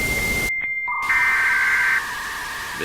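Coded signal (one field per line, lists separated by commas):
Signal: Emergency Alert System (SAME) tones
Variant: header bursts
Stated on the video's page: Fictional EAS test made on a mobile phone app.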